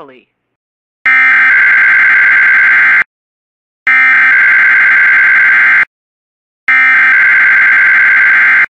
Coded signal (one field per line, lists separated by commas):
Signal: Emergency Alert System (SAME) tones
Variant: header bursts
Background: speech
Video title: (⚠️VALID TONES⚠️)WJONIP Comp with TONS of EAS including RWTS and Severe weather alerts